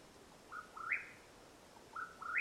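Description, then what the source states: Mexican whip-poor-will: a low whistled note, then a burry note that climbs to a harsh high finish, repeated twice in quick succession. Call at nightfall in Madera Canyon, Arizona, USA, 21 April 2022.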